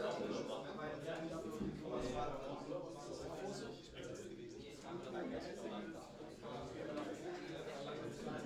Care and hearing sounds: everyday scene through a hearing-aid microphone; many people talking; many voices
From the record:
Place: bistro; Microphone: in the ear canal, left

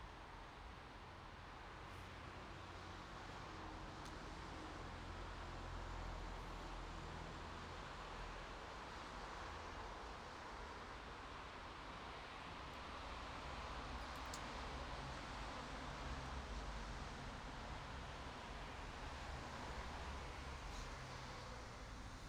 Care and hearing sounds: everyday scene through a hearing-aid microphone; in traffic; traffic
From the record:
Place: bus stop on a city main road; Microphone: in the ear canal, right

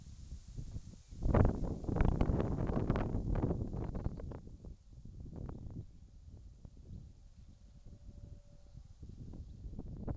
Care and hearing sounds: everyday scene through a hearing-aid microphone; wind on the microphone; wind, whistling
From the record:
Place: in front of a rural house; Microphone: in the ear canal, left

